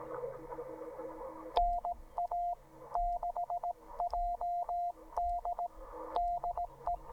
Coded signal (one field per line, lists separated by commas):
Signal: Morse code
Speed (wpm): 18 wpm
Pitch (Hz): 700 Hz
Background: radio noise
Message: NA6JD DE